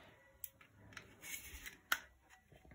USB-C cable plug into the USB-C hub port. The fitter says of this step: so let's put it in here you have to hear the click in order to make sure that it's stabilized and this is how you connect it